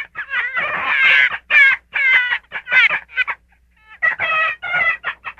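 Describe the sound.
Gray fox yelps: fast, raspy harmonic notes in clusters, a short pause, then a clear whistled note followed by more wavering yelps.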